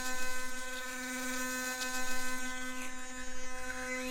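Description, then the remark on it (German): A steady electric toothbrush buzz drones for several seconds in the German radio play Der Alltag des Herrn Held, its tone rich in harmonics and pulsing slightly as the brush moves, with no talking over it. “Ich finde diese Zahnbürsten irgendwie...”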